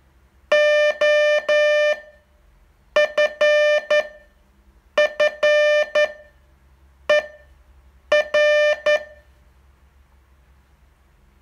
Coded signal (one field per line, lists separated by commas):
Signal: Morse code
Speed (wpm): 12 wpm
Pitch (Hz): 600 Hz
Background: music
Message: OFFER